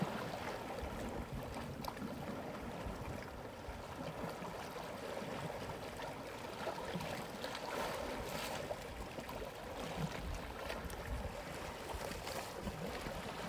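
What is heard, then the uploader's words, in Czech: Sea sounds: a dense, steady wash of water with a deep rumbling churn underneath, constant throughout. Brief brighter splashes and slaps break through now and then, around the eighth second and again near the end, over an unbroken hiss. ZVUKY MOŘE.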